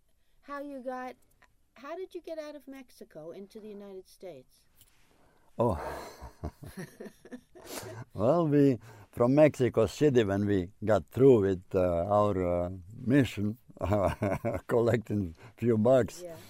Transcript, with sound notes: how you got, how did you get out of Mexico, into the United States?
(They laugh) Well, we, from Mexico City, when we got through with our mission, our collecting few bucks,